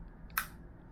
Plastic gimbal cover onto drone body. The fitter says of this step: hear that clip and it's in place so